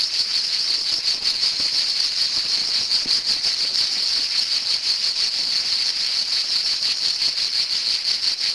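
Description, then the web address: Cicada song: a continuous, dense, high buzzing drone with fine rapid pulsing, holding steady at one pitch throughout without pauses. "son cigales"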